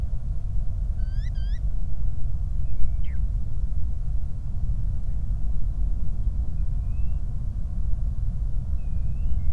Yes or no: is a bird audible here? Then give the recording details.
yes. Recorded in the Prudhoe Bay oil fields, Alaska, on 8 July 2019 at 00:02. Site 25